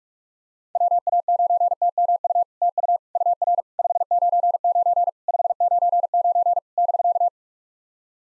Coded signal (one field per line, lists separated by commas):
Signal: Morse code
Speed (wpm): 44 wpm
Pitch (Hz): 700 Hz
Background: none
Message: WA9TMU TU UR 599 599 <BK>